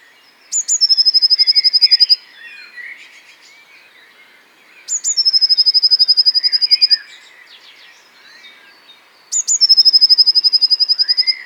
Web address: vogelstimmen blaumeise gesang nabu lars lachmann